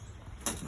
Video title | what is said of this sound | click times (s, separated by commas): 2015 Chrysler 200s v6 vvt radiator replacement | it should pop out just do the other side like that | 0.5 s